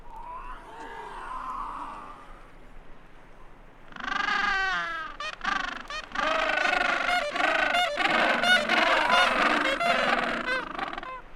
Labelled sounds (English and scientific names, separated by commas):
Gentoo Penguin (Pygoscelis papua) call